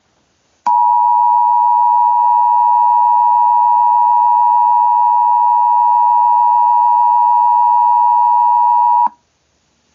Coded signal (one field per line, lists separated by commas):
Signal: Emergency Alert System (SAME) tones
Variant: 853 and 960 Hz attention tone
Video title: EAS Scenario #4: Titaniboa (read desc)